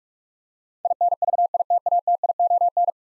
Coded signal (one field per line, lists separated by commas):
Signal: Morse code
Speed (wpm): 43 wpm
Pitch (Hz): 700 Hz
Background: none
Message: INVITATION